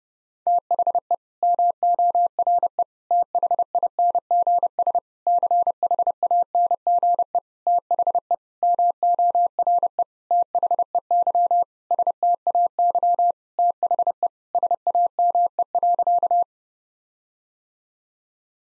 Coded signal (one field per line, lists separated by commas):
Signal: Morse code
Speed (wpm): 32 wpm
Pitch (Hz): 700 Hz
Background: none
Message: THE MORE THINGS CHANGE THE MORE THEY STAY THE SAME.